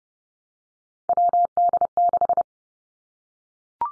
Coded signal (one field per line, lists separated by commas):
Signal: Morse code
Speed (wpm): 30 wpm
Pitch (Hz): 700 Hz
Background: none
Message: WD6